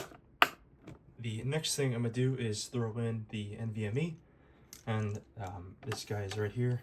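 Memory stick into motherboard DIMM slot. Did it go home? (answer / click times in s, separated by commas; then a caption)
yes / 0.4 s. A second memory stick is pushed down into its DIMM slot on an AM5 motherboard, and the latch snaps with a sharp, loud click at 0.4 s, seating the stick. Someone then talks.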